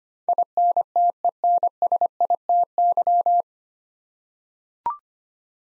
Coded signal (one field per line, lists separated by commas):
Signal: Morse code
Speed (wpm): 25 wpm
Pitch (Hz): 700 Hz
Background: none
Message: INTENSITY